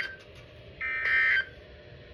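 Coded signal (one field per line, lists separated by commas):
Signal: Emergency Alert System (SAME) tones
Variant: end-of-message bursts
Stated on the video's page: Real flash flood warning on NOAA Weather Radio transmitters at 162.425, 162.475 and 162.525 MHz, heard on many weather radio receivers.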